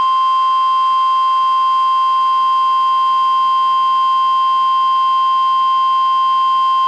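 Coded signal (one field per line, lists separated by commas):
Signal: Emergency Alert System (SAME) tones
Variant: 1050 Hz attention tone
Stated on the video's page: NOAA Weather Radio required weekly test from NWS Portland relayed by Astoria transmitter, recorded from a Reecom R-1630 weather radio via Zoom H1 recorder.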